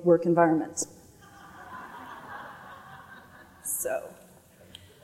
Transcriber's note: laughter